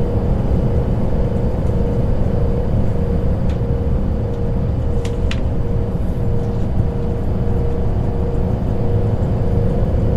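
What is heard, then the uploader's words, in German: A train rolls along with a steady, heavy low rumble and a constant hum running underneath. The level stays even throughout with no clear rhythm of rail joints, and a few brief faint clicks or squeaks appear around five seconds. Nächtliche Zugreise.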